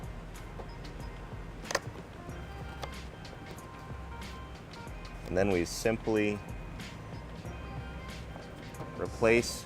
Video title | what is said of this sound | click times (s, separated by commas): 2019 Dodge Durango Trailer Wiring Installation | to the tail light and we're going to push these connections together until you hear them click | 1.8 s